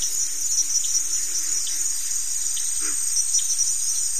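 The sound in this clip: Crickets trilling steadily in a bright, high-pitched chorus.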